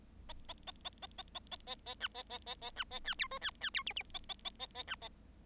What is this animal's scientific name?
Lonchura striata domestica